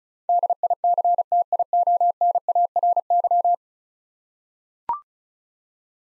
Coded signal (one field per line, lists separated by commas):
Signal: Morse code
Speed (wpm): 36 wpm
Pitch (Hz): 700 Hz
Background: none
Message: DICTIONARY